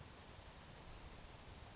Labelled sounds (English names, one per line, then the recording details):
Savannah Sparrow
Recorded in Sonoma County, California